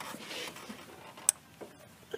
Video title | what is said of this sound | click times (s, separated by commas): 93 Cherokee XJ Exhaust Manifold Replacement | made one click there's two clicks on it so | 1.3 s